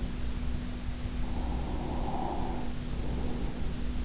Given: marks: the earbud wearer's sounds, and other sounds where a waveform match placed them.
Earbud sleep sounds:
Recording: sounds in sleep by an in-ear microphone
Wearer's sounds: breath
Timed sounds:
0.91-3.85 s: breath

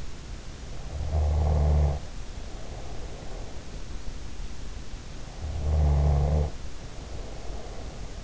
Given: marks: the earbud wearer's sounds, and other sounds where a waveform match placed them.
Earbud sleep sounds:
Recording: sounds in sleep by an in-ear microphone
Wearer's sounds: snoring breath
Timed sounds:
0.68-3.43 s: snoring breath
5.37-8.24 s: snoring breath

